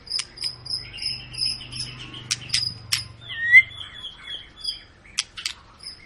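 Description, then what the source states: White-rumped shama song, sustained high whistles and a trilled phrase with sharp clicking notes, a low hum underneath. Long lure recording of a singing white-rumped shama, used to prompt other birds to sing; described as gacor, meaning sings constantly.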